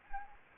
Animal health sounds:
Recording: mosquito wingbeat signal from an infrared sensor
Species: Anopheles gambiae

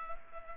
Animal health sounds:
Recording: mosquito wingbeat signal from an infrared sensor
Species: Culex pipiens

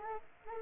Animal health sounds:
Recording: mosquito wingbeat signal from an infrared sensor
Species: Anopheles arabiensis

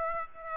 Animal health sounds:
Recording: mosquito wingbeat signal from an infrared sensor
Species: Aedes aegypti

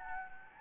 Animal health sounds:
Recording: mosquito wingbeat signal from an infrared sensor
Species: Anopheles gambiae

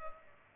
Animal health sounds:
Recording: mosquito wingbeat signal from an infrared sensor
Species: Culex pipiens

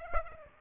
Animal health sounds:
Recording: mosquito wingbeat signal from an infrared sensor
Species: Aedes aegypti

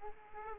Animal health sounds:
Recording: mosquito wingbeat signal from an infrared sensor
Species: Aedes aegypti

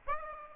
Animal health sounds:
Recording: mosquito wingbeat signal from an infrared sensor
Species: Aedes aegypti

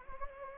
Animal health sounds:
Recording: mosquito wingbeat signal from an infrared sensor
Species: Anopheles gambiae

